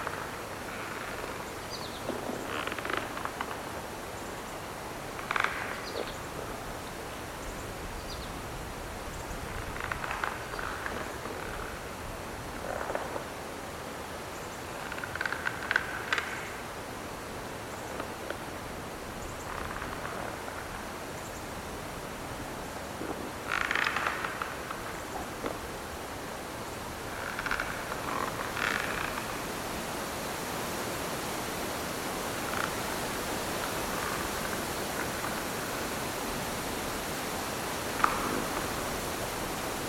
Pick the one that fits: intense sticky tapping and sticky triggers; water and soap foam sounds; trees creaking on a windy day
trees creaking on a windy day